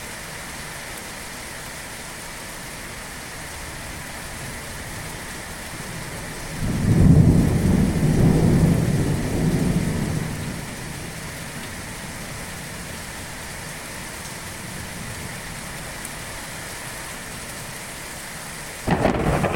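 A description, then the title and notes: Steady, dense rain hisses throughout the thunderstorm, with a constant mid and upper wash. Around seven seconds a deep rumble of thunder swells, peaks near eight seconds and fades by eleven. A brief louder burst of rain arrives at the very end. Thunderstorm Sounds. Thunderstorm,rain sounds.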